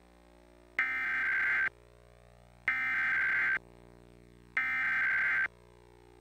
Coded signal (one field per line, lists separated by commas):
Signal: Emergency Alert System (SAME) tones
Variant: header bursts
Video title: Required Monthly Test from WYFF-TV (EAS #201)